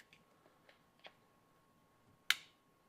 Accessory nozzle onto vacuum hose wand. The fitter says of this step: so locks right into place see that little tab right there